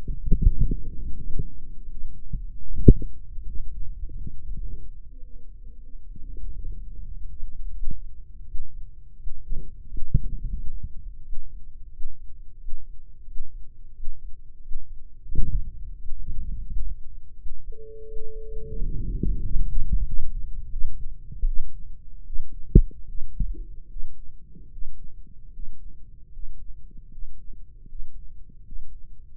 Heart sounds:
heart sounds by microphone in the right ear; 85 bpm
0.37 s: heartbeat
1.13 s: heartbeat
1.88 s: heartbeat
2.59 s: heartbeat
3.28 s: heartbeat
3.93 s: heartbeat
4.56 s: heartbeat
5.17 s: heartbeat
5.77 s: heartbeat
6.38 s: heartbeat
7.02 s: heartbeat
7.71 s: heartbeat
8.43 s: heartbeat
9.15 s: heartbeat
9.86 s: heartbeat
10.52 s: heartbeat
11.21 s: heartbeat
11.88 s: heartbeat
12.56 s: heartbeat
13.23 s: heartbeat
13.91 s: heartbeat
14.59 s: heartbeat
15.27 s: heartbeat
15.95 s: heartbeat
16.64 s: heartbeat
17.34 s: heartbeat
18.04 s: heartbeat
18.74 s: heartbeat
19.40 s: heartbeat
20.03 s: heartbeat
20.69 s: heartbeat
21.44 s: heartbeat
22.23 s: heartbeat
23.05 s: heartbeat
23.87 s: heartbeat
24.68 s: heartbeat
25.49 s: heartbeat
26.29 s: heartbeat
27.08 s: heartbeat
27.85 s: heartbeat
28.62 s: heartbeat
29.36 s: heartbeat
From the record:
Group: healthy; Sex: male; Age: 21 years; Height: 180 cm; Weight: 67.5 kg

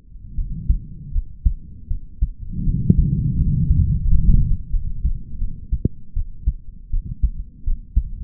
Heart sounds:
heart sounds by stethoscope; 82 bpm
0.35 s: heartbeat
1.12 s: heartbeat
1.87 s: heartbeat
2.64 s: heartbeat
3.35 s: heartbeat
4.01 s: heartbeat
4.70 s: heartbeat
5.38 s: heartbeat
6.14 s: heartbeat
6.90 s: heartbeat
7.64 s: heartbeat
From the record:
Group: healthy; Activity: rest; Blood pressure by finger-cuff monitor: 101/79 mmHg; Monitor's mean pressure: 85 mmHg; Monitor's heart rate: 80 bpm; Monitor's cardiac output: 5.3 L/min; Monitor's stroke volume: 67 mL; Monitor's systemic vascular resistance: 1170 dyn s/cm5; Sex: male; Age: 20 years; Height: 187 cm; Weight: 68.9 kg

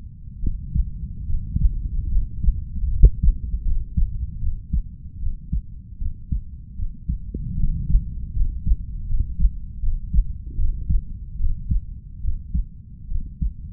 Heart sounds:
heart sounds by stethoscope; 76 bpm
0.39 s: heartbeat
1.25 s: heartbeat
2.08 s: heartbeat
2.87 s: heartbeat
3.62 s: heartbeat
4.38 s: heartbeat
5.18 s: heartbeat
5.98 s: heartbeat
6.75 s: heartbeat
7.55 s: heartbeat
8.32 s: heartbeat
9.06 s: heartbeat
9.79 s: heartbeat
10.55 s: heartbeat
11.36 s: heartbeat
12.20 s: heartbeat
13.07 s: heartbeat
From the record:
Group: healthy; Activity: rest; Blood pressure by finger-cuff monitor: 113/58 mmHg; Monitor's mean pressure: 73 mmHg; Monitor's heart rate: 76 bpm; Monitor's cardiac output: 6.1 L/min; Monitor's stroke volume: 80 mL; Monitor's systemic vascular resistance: 900 dyn s/cm5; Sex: female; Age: 32 years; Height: 168 cm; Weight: 61.9 kg

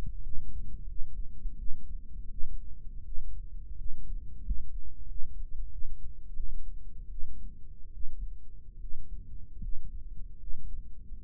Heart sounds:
heart sounds by microphone in the right ear; 83 bpm
0.22 s: heartbeat
0.86 s: heartbeat
1.57 s: heartbeat
2.29 s: heartbeat
3.03 s: heartbeat
3.76 s: heartbeat
4.42 s: heartbeat
5.06 s: heartbeat
5.70 s: heartbeat
6.34 s: heartbeat
7.09 s: heartbeat
7.92 s: heartbeat
8.79 s: heartbeat
9.60 s: heartbeat
10.38 s: heartbeat
From the record:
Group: healthy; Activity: rest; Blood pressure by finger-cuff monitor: 120/68 mmHg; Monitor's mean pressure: 85 mmHg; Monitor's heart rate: 81 bpm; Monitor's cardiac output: 7.5 L/min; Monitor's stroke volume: 88 mL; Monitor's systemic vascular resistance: 760 dyn s/cm5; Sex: female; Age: 22 years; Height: 160 cm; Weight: 63 kg

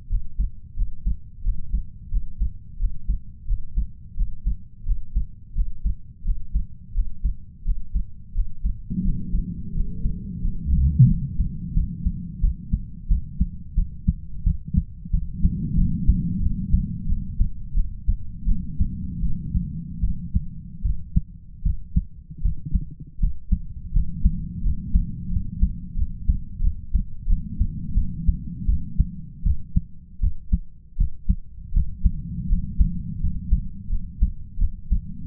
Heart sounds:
heart sounds by stethoscope; 85 bpm
0.08 s: heartbeat
0.75 s: heartbeat
1.43 s: heartbeat
2.10 s: heartbeat
2.78 s: heartbeat
3.46 s: heartbeat
4.15 s: heartbeat
4.85 s: heartbeat
5.54 s: heartbeat
6.24 s: heartbeat
6.93 s: heartbeat
7.64 s: heartbeat
8.33 s: heartbeat
9.03 s: heartbeat
9.74 s: heartbeat
10.41 s: heartbeat
11.08 s: heartbeat
11.74 s: heartbeat
12.41 s: heartbeat
13.08 s: heartbeat
13.75 s: heartbeat
14.44 s: heartbeat
15.11 s: heartbeat
15.75 s: heartbeat
16.40 s: heartbeat
17.07 s: heartbeat
17.74 s: heartbeat
18.46 s: heartbeat
19.22 s: heartbeat
20.01 s: heartbeat
20.83 s: heartbeat
21.63 s: heartbeat
22.42 s: heartbeat
23.20 s: heartbeat
23.93 s: heartbeat
24.63 s: heartbeat
25.30 s: heartbeat
25.96 s: heartbeat
26.61 s: heartbeat
27.27 s: heartbeat
27.95 s: heartbeat
28.66 s: heartbeat
29.44 s: heartbeat
30.20 s: heartbeat
30.97 s: heartbeat
31.73 s: heartbeat
32.48 s: heartbeat
33.20 s: heartbeat
33.89 s: heartbeat
34.58 s: heartbeat
From the record:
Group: healthy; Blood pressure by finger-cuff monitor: 116/69 mmHg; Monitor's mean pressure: 82 mmHg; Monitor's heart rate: 86 bpm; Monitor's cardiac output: 7.9 L/min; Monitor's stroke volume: 91 mL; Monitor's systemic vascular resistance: 780 dyn s/cm5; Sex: male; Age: 33 years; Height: 179 cm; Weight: 80.4 kg

